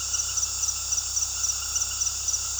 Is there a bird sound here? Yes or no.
no